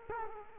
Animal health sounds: mosquito wingbeat signal from an infrared sensor; Culex quinquefasciatus

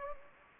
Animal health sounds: mosquito wingbeat signal from an infrared sensor; Anopheles gambiae

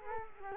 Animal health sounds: mosquito wingbeat signal from an infrared sensor; Culex quinquefasciatus

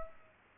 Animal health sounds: mosquito wingbeat signal from an infrared sensor; Culex pipiens

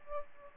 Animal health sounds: mosquito wingbeat signal from an infrared sensor; Aedes albopictus

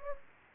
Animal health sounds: mosquito wingbeat signal from an infrared sensor; Anopheles gambiae

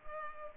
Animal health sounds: mosquito wingbeat signal from an infrared sensor; Culex pipiens

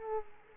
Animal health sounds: mosquito wingbeat signal from an infrared sensor; Culex quinquefasciatus

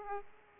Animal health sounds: mosquito wingbeat signal from an infrared sensor; Aedes aegypti

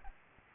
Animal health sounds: mosquito wingbeat signal from an infrared sensor; Aedes aegypti

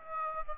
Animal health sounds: mosquito wingbeat signal from an infrared sensor; Aedes aegypti

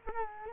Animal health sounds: mosquito wingbeat signal from an infrared sensor; Culex quinquefasciatus

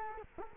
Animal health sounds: mosquito wingbeat signal from an infrared sensor; Culex quinquefasciatus

